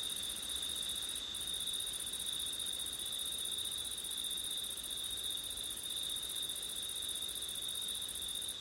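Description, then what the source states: Crickets keep up a continuous shrill chorus over a low rushing hiss. Crickets recorded on a windy September night.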